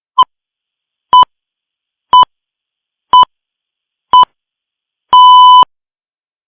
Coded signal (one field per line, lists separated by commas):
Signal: radio time signal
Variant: time pips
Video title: The Pips Sound Effect